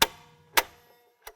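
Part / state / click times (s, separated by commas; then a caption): looper engagement mechanism in a serger, set by the hand wheel / seated / 0.0 s. While the machine locking button on a serger is held down, the hand wheel is turned toward the operator to set the looper engagement mechanism before threading the lower looper for a 2-thread flatlock stitch. A sharp click sounds at 0.0 s, followed by a similar click at 0.6 s and a fainter one at 1.3 s. The mechanism has clicked into its engaged position, and the tubular loopers are engaged.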